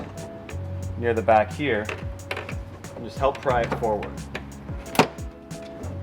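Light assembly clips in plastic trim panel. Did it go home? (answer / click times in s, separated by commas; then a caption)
released / 4.4 s, 5.0 s. A light assembly is pried forward out of the plastic trim panel of a 2009–2016 Land Rover LR4 with a fork-shaped wedge tool while someone talks over background music. Its two retaining clips snap free at 4.3 and 5.0 seconds, releasing the light housing.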